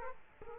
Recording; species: mosquito wingbeat signal from an infrared sensor; Aedes aegypti